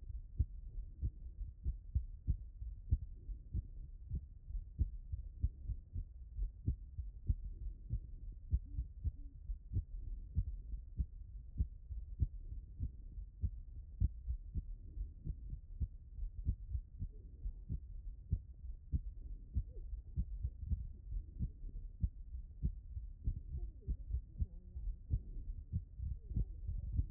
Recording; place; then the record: heart sounds by stethoscope; pulmonary valve (PV)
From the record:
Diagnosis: HFrEF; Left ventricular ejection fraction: 10%